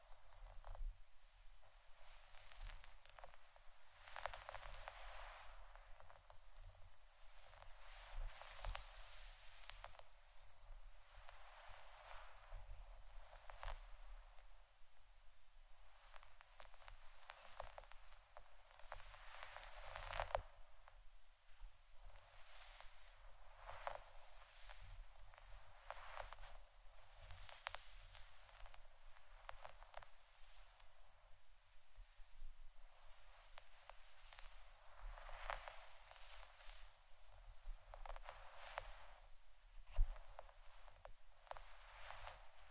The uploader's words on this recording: ASMR Scratching & Brushing Blue Yeti Mic （No Talking）.